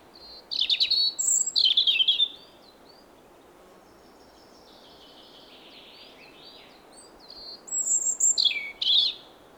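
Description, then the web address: European robin song in phrases of bright trills and falling whistles, a soft faint passage in between, then a final sharp flourish. "SETE Erithacus rubecula"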